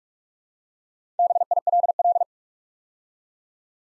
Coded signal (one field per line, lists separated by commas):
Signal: Morse code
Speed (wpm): 44 wpm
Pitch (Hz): 700 Hz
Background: none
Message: BILL